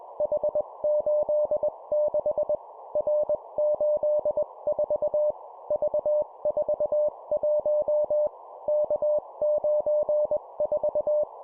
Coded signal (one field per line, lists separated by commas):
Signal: Morse code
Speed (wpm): 21 wpm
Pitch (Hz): 600 Hz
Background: none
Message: H86 R84 V41 K94